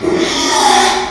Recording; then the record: squeal of a Yucatan mini pig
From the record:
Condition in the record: after surgery on the right vocal fold (resection and tissue-engineered implant); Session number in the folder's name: 2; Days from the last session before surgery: 13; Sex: male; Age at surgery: 12 weeks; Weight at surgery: 13 kg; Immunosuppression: cyclosporine, prednisolone